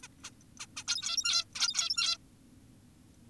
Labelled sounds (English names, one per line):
Zebra Finch